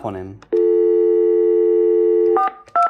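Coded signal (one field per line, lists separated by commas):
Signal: telephone call progress tone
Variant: North America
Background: speech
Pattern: dial tone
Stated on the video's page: Heard on a Cisco 525G phone newly set up for Hamshack Hotline.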